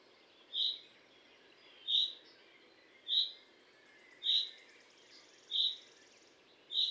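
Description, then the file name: Common chaffinch calls, a series of six high bright notes spaced just over a second apart, against a low steady background rumble. "Fringilla coelebs"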